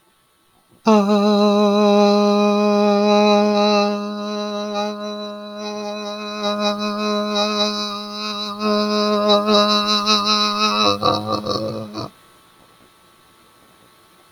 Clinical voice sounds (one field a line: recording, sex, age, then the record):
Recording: vowel held as long as possible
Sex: male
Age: 30 to 39 years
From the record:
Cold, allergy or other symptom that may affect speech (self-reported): no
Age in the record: 36 years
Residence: Michigan, United States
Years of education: 17